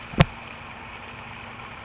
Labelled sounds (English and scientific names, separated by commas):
California Towhee (Melozone crissalis)